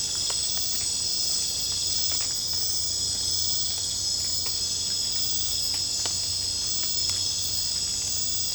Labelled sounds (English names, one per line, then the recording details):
none
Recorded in secondary vegetation near Puerto Asís, Putumayo, Colombia, on 22 December 2024 at 20:00
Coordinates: 0.499, -76.323
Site G010